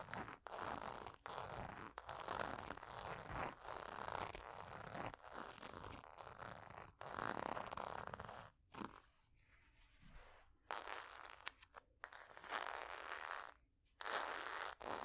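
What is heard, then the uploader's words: Scratching over ridged surfaces: raspy strokes come in quick bursts, dense through the first eight seconds. A quieter stretch follows around nine to eleven seconds, then bright, forceful scrapes return in separate bursts until the end. ASMR Scratching Ridges For Tingles （No Talking）.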